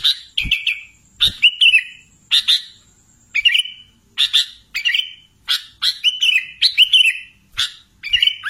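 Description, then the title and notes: Sooty-headed bulbul singing short bubbly phrases, each a quick burst of notes ending in a slurred warble, repeated in quick succession with brief pauses between. "Kicau Burung Kutilang"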